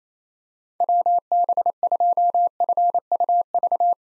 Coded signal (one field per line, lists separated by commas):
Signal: Morse code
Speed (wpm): 28 wpm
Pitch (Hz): 700 Hz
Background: none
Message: WB2FUV